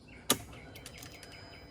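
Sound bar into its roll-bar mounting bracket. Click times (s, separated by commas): 0.3 s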